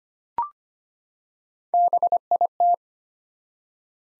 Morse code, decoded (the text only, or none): BIT